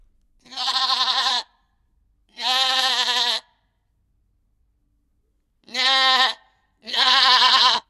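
Animal bleating, four wavering nasal bleats about a second long each, two close together, a pause, then two more.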